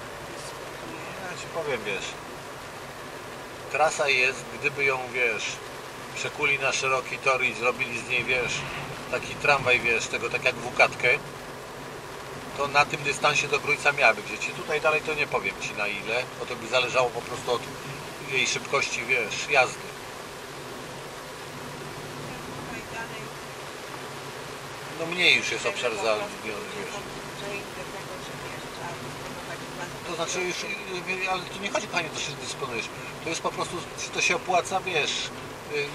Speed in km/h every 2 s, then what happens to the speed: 54, 53, 51, 50, 50, 50, 49, 48, 48, 48, 48, 48, 48, 48, 48, 47, 48, 48.
0-36 steady at about 48.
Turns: none.